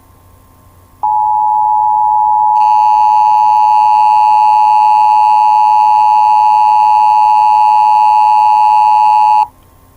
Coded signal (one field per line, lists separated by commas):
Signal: Emergency Alert System (SAME) tones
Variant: 853 and 960 Hz attention tone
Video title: (PLEASE STOP WATCHING THIS ITS CRINGE) Thanos Snap (EAS Scenario)